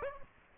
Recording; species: mosquito wingbeat signal from an infrared sensor; Aedes aegypti